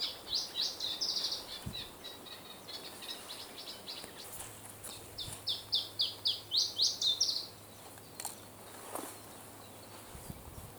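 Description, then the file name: Iberian chiffchaff singing two phrases of high, clipped notes, each run quickening into a brighter, hurried finish, with a few scattered clicks and faint background hiss. "iberischer zilpzalp"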